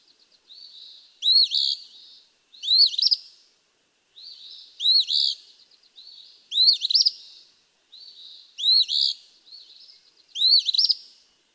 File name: Eastern Phoebe